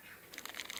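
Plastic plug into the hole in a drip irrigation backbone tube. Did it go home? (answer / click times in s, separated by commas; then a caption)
no / none. A small plastic plug is handled at the hole left in a drip irrigation backbone tube after a drip line was unplugged from it. After a faint hiss, soft crinkly plastic rustles and light taps begin around 0.3 s, with the sharpest tick near 0.6 s. Nothing has seated or clicked yet.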